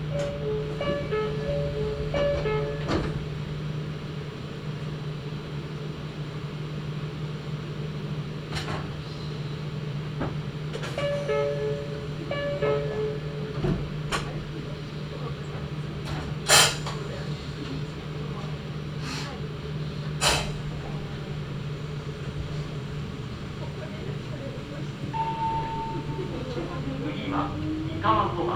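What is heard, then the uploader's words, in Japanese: A Meitetsu Gamagori Line train rolls along with a steady low hum and rumble throughout. Short chimes or tones sound near the start and again around ten seconds, with sharp clicks and knocks scattered through, louder at about 17 and 20 seconds, and a rising whine near the end. 名古屋鉄道 蒲郡線 蒲郡→吉良吉田。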